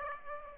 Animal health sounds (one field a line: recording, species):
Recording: mosquito wingbeat signal from an infrared sensor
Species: Aedes aegypti